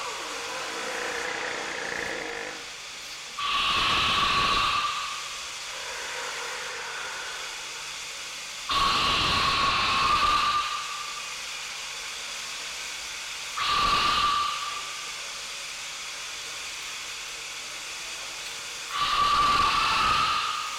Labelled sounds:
South American Sea Lion call
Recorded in captivity
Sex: female
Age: adult
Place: Münchner Tierpark Hellabrunn, Bayern, DE
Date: 1993-09-20
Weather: 19 °C, heiter
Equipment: Marantz CP 430, Sennheiser MKH 416 T, Kopie Uher Variocord 263
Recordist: Tembrock, Günter

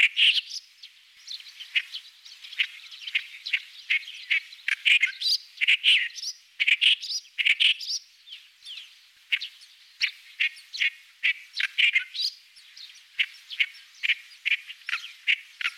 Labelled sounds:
Clamorous Reed Warbler song
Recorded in the wild
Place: Kurtlisee, TM
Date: 2001-05-14
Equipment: MiniDisc Sharp MT 20 H
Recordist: Schwarz, Dieter
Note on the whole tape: Song

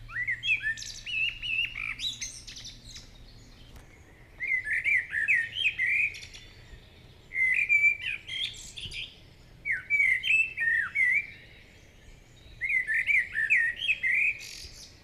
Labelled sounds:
Common Blackbird song
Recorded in the wild
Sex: male
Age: adult
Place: Schielleitn, Stubenbergsee, Steiermark, AT
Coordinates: 47.2302, 14.2536
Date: 1971-06-16
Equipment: Uher 4100 Report-V
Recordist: Brunner, Thomas

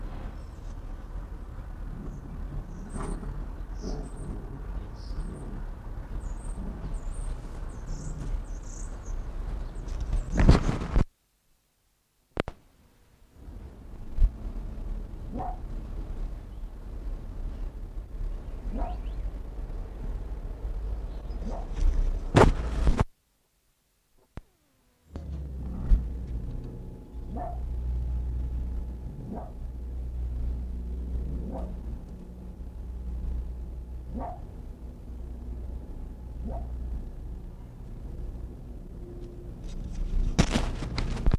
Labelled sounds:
Arctic Fox
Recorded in captivity
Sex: male
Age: adult
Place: Zoologisches Institut der HUB, Berlin, DE
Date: 1959-11-24 11:30
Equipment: Reporter, Vollspur
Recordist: Tembrock, Günter

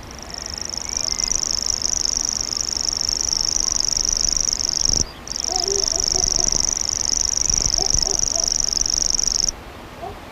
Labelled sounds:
Common Grasshopper Warbler song
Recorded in the wild
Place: Schweinsberg, DE
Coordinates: 50.7678, 8.98222
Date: 1964-04-21 20:00
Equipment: Uher Report 4000, AKG D190
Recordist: Krey, Winfried

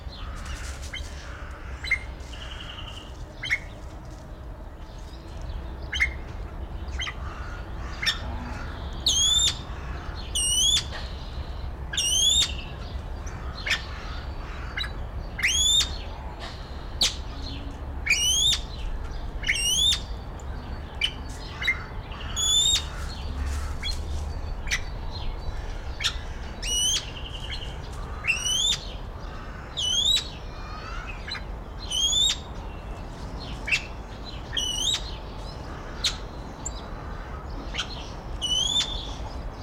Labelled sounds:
Golden Pheasant call
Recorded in captivity
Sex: male
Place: Zoo Berlin, Berlin, DE
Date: 1993-03-20 11:11
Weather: 5-8° C, böiger Wind
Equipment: Marantz CP 430, Sennheiser ME 80, Kopie Uher Variocord 263
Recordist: Tembrock, Günter
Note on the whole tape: Subad. Männchen: Lang- und Kurzlaute

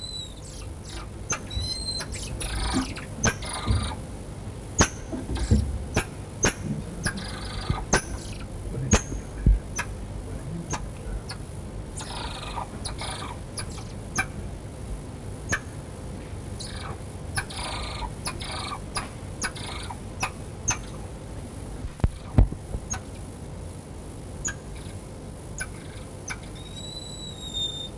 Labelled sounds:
Golden Lion Tamarin call
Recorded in captivity
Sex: pair
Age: adult
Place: Tierpark Berlin, Berlin, DE
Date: 1963-03-06 18:15
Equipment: Minifon, Kopie Smaragd
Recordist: Tembrock, Günter
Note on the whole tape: Paar. Erst einige Erregungslaute, dann weitere Laute provoziert durch Handbewegungen vor dem Käfig. Abstand ca. 1 m

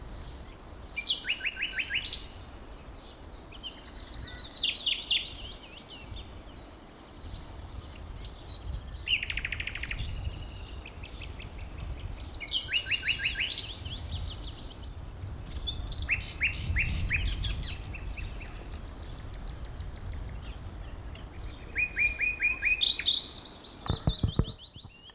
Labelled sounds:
Common Nightingale
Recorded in the wild
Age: adult
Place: Blankenfelde, Berlin, DE
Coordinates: 52.625, 13.404
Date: 1992-05-01 10:35
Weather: heiter bis wolkig, böiger Wind, 16 °C
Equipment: Nagra SN, Mikrofon AKG CK 8, Kopie Tesla B 116
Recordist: Tembrock, Günter

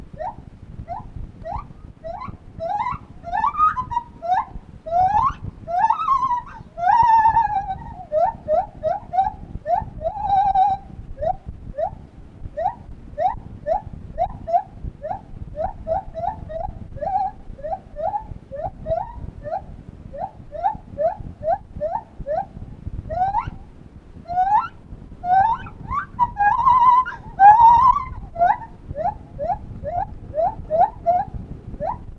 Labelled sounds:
Lar Gibbon
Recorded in captivity
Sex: male
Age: adult
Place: Tierpark Berlin, Berlin, DE
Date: 1968-10-19
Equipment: Uher 4200 Report Stereo, Sennheiser MD 421
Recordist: Tembrock, Günter

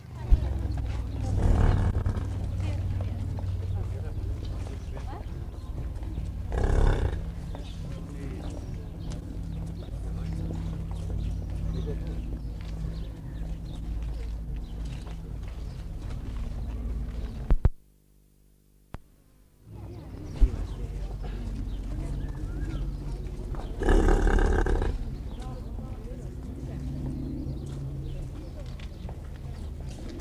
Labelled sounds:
European Bison call
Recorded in captivity
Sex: male
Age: juvenile
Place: Zoo Berlin, Berlin, DE
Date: 1959-11-01 14:00
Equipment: Reporter (Vollspur)
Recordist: Tembrock, Günter

